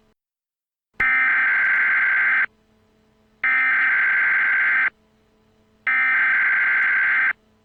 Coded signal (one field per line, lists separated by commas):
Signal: Emergency Alert System (SAME) tones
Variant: header bursts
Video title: EAS| Barney Error Mock